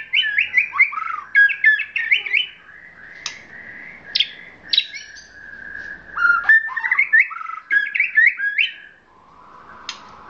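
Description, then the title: Oriental magpie-robin song, a continuous stream of varied sweet whistles, slurs and scratchy notes with short pauses between bursts. Chirping song of the magpie-robin. "Kicau Kacer"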